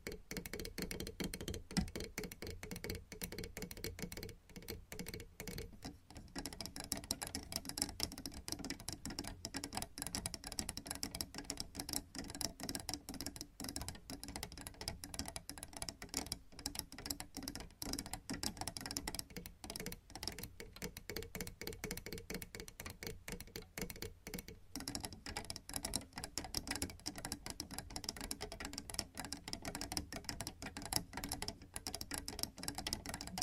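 Long nails scratch and tap in a dense, continuous stream of fast, crisp clicks and rasps that fill the whole 33 seconds. The texture stays fairly even, with brief thinner moments around 6, 20 and 25 seconds, and a soft low rumble underneath.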